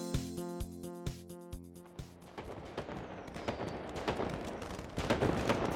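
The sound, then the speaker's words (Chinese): A short tonal musical phrase gives way to fireworks: a dense stream of sharp bangs and crackling bursts, with a thin whistle streaking through, growing louder toward the end. “他肯定是觉得买烟花贵才喜欢去看的，多可怜啊！”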